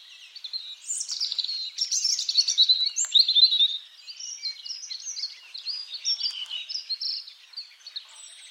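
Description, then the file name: European robin delivering a long, high, jumbled warble of thin trills and slurs that softens slightly toward the close. "Erithacus rubecula"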